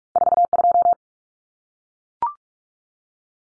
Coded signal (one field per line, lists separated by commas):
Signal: Morse code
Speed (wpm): 44 wpm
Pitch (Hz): 700 Hz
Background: none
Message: 42